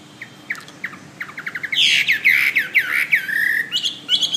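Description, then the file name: Hwamei song: a series of short chirps that build into loud, sweeping whistled phrases, then quicker notes at the end. "omkicau hwamey"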